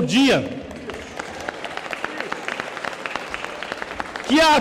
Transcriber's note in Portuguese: palmas